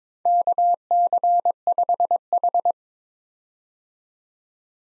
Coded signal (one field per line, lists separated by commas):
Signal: Morse code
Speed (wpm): 22 wpm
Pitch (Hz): 700 Hz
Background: none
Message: KC5H